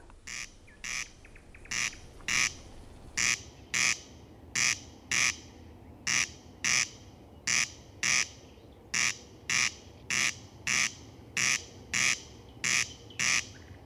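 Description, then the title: Corn crake call: a long, steady series of harsh, scratchy rasps over soft background hiss. "Ruisrääkkä"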